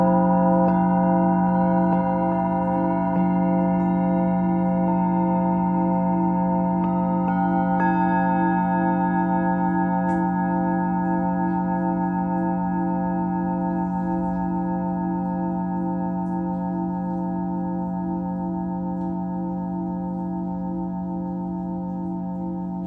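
A Tibetan singing bowl rings on in one long, steady drone that fades only slightly over the whole stretch. Several sustained tones stack from a deep hum to a bright upper shimmer, with a slow, regular wavering pulse running through them.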